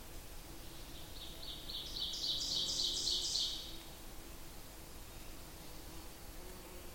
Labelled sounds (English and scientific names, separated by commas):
Ovenbird (Seiurus aurocapilla) song